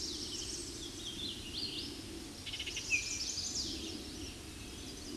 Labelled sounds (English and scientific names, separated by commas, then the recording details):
Hooded Warbler (Setophaga citrina) song
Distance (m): 65 m
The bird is about level with the microphone
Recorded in a Pennsylvania forest on 16 May 2024 at 07:37
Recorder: AudioMoth, point MSD-2040
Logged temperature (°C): 15.3 °C
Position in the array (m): 30 m, 153 m